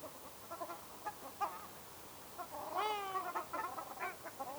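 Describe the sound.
Ruddy shelduck honking calls: soft scattered nasal notes, then a loud drawn-out wavering honk near the middle, followed by several shorter honks.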